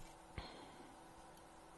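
Someone is handling a small pedal spring against the D-shaped fittings under the survival cell of a die-cast and plastic Oracle Red Bull RB19 F1 model kit, and a single brief tap is heard near 0.4 seconds over a quiet background. Nothing has seated or clicked into place yet.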